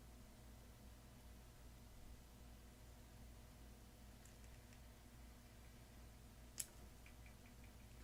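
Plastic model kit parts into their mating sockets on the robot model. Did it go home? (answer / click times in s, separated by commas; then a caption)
no / none. Plastic model kit parts for a robot model build are pressed into their mating sockets, giving faint taps and handling sounds over a low steady hum, with a brief sharp tick near 6.6 s. Nothing has clicked into place yet; the parts fail to click in as they should.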